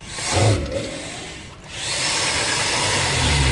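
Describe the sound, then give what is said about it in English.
An alligator's rough, rumbling roar, deep and snore-like, swelling at the start, briefly dropping away, then returning as a steady raspy growl with a hissing, noisy edge. No one speaks. “And I've just heard a lot of you have sent me alligator sounds.”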